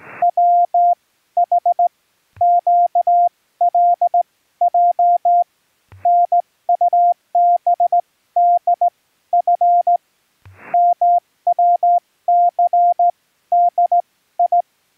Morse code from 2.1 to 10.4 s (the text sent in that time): QLJ NUBD F